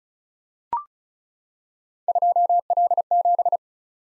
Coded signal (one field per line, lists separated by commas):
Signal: Morse code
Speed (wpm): 36 wpm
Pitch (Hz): 700 Hz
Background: none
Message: 2L7